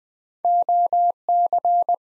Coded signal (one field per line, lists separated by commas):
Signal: Morse code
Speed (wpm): 20 wpm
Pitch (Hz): 700 Hz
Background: none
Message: OC